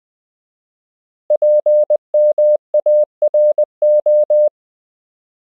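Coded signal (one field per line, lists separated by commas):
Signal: Morse code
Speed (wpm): 20 wpm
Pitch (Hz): 600 Hz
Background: none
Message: PMARO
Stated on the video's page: Koch method lesson 12 drill: English words and ham radio QSO patterns at 20 WPM, generated by a Morse app.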